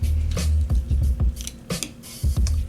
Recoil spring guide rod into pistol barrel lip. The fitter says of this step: Snaps right in in that little lip.